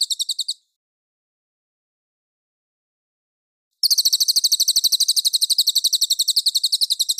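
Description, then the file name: Cililin song: a brief end of a high, rapid trill, a pause of about three seconds, then a new, steady run of quick, sharp pulses. Clear song. "suara burung cililin jernih"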